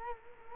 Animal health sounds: mosquito wingbeat signal from an infrared sensor; Culex quinquefasciatus

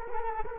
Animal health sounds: mosquito wingbeat signal from an infrared sensor; Culex quinquefasciatus

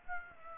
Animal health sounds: mosquito wingbeat signal from an infrared sensor; Aedes aegypti

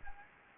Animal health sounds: mosquito wingbeat signal from an infrared sensor; Anopheles gambiae

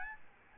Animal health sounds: mosquito wingbeat signal from an infrared sensor; Aedes albopictus

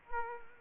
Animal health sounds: mosquito wingbeat signal from an infrared sensor; Culex quinquefasciatus

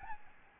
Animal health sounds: mosquito wingbeat signal from an infrared sensor; Aedes albopictus

